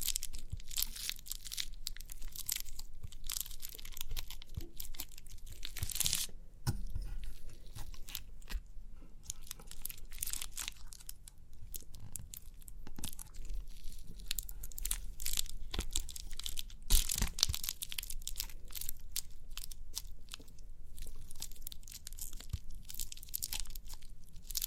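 Crinkly crackling runs through the whole stretch, a dense mix of tiny sharp crunches and papery rustles with brighter bursts near 6 and 17 seconds. A low, soft handling rumble sits underneath.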